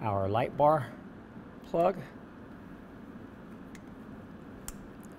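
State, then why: Seated. Someone talks briefly, then the light bar plug of an AMP Research PowerStep Vision is pushed into the wiring harness on a 2021 Ford F-150 amid quiet handling noise and faint ticks. A sharp click at 4.7 s marks the plug seating in place.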